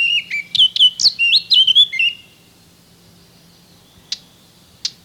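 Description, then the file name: Eurasian blackcap singing a brisk, chattering warble of quick rising and falling notes for about two seconds, followed by near silence broken by two short, sharp clicks. "Sylvia atricapilla"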